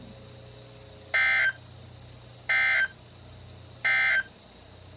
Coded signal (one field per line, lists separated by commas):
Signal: Emergency Alert System (SAME) tones